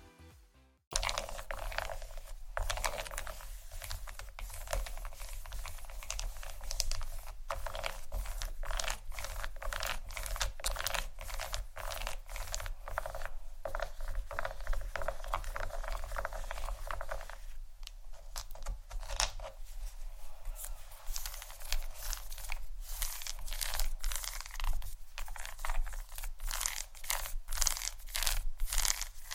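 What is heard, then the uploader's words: Tapping and scratching on chocolate make dense, crinkly crackles and brisk taps throughout, over a low steady hum, after a brief silent start. ASMR Tap & Scratch On Chocolate （No Talking）.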